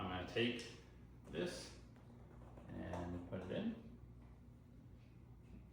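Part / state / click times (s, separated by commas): cam lock fitting in a TV stand panel / not seated / none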